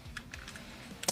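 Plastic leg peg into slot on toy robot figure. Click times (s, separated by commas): 1.0 s, 1.1 s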